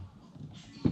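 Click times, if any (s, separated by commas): none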